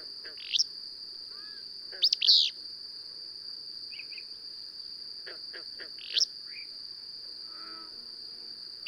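Bird chirps: sharp high notes in short bursts, with a louder double burst near two seconds, over a steady high-pitched whine and faint lower twittering.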